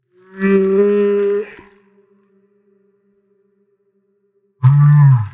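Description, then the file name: Humpback whale singing: a sustained harmonic moan, a gap of quiet, then a lower, rougher moan. Maui. "Humpback Whale - Maui Whale One"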